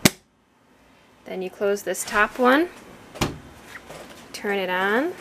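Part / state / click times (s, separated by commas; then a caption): lower compartment door of a washing machine / seated / 0.1 s. The lower compartment door of a Samsung Flex Wash washing machine is pushed shut, and its latch clicks closed with a single sharp, loud hit at 0.1 s. After a short silence, someone talks, with another brief sharp knock at about 3.2 s.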